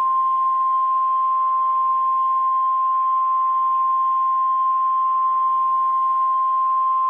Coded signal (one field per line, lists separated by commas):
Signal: Emergency Alert System (SAME) tones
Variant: 1050 Hz attention tone